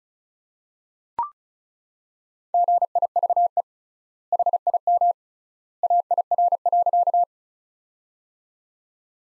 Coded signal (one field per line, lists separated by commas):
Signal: Morse code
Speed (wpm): 36 wpm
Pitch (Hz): 700 Hz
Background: none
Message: GIVE HIM AIR.